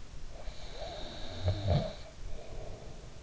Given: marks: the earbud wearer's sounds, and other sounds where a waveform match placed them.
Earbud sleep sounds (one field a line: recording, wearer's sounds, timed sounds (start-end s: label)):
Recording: sounds in sleep by an in-ear microphone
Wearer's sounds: snoring breath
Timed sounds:
0.44-3.20 s: snoring breath